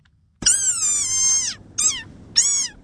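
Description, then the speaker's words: Desert rain frog squeal: one long, high, strained squeak lasting about a second, followed by two shorter squeaks in quick succession. Frog about the size of a ping pong ball, sand-coloured and speckled with bulging eyes; lives in a narrow 10-kilometre-wide strip of coastal southern Africa; habitat threatened by open-cast mining and human encroachment. "that's the sound of the desert rain frog, which is about the size of a ping pong ball."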